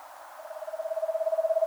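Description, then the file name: Eastern screech owl trill, brief fast even-pitched whistled pulses that start softly and grow louder toward the end. "Eastern Screech Owl Megascops asio"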